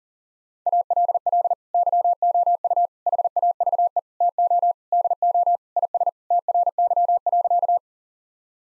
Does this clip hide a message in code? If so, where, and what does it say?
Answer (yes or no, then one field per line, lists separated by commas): yes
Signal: Morse code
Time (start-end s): 0.7-7.8 s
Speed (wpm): 40 wpm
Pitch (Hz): 700 Hz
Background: none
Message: ALL YOU HAVE TO DO IS TRY.